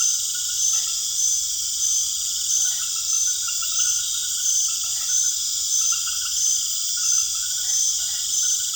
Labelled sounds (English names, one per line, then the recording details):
none
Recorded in secondary vegetation near Puerto Asís, Putumayo, Colombia, on 29 June 2025
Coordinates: 0.488, -76.319
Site G094